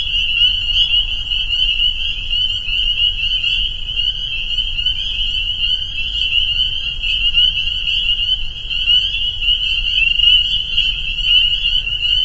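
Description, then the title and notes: Spring peepers in full chorus, an unbroken piercing trill of many overlapping high peeps, with faint low rumble beneath. Frog chorus soundscape recorded at a peeper pond on private property in northern Vermont, USA. "Peepers. a soundscape recorded at the peeper pond on our friends' property in northern Vermont"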